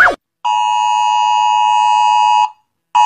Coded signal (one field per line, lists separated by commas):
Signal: Emergency Alert System (SAME) tones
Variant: 853 and 960 Hz attention tone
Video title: (UPDATED) Gacha Life | Me Rating EAS Alarms Around The World [All Parts + Part 3!]